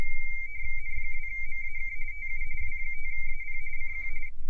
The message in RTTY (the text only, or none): N2MAK TU W5AP CQ